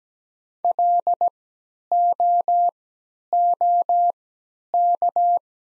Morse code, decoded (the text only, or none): LOOK